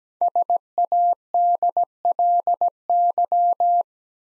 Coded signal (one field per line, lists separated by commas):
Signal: Morse code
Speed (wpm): 17 wpm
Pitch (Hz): 700 Hz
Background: none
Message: SADLY